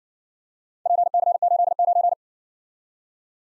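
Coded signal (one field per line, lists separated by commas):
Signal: Morse code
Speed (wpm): 56 wpm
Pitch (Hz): 700 Hz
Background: none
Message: PC89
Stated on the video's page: Morse practice of four-character letter-number groups, speed-racing format starting at 50 wpm and slowing to a base speed, final repeat at maximum speed.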